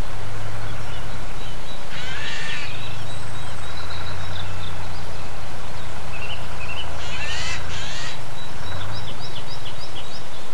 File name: MZ-N 710 Geai et tracteur 10 04 07